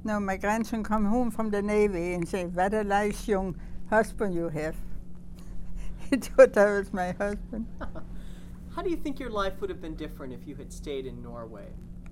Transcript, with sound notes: now, my grandson come home from the navy and say, "What a nice, young husband you have." (she laughs) He thought that was my husband. (laughs) How do you think your life would have been different if you had stayed in Norway?